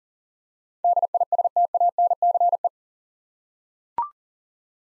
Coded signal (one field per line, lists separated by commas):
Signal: Morse code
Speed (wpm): 40 wpm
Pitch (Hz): 700 Hz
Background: none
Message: DISTANCE